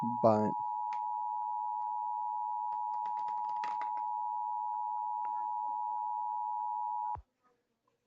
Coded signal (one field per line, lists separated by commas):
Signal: Emergency Alert System (SAME) tones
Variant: 853 and 960 Hz attention tone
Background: speech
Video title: Watching more EAS Scenarios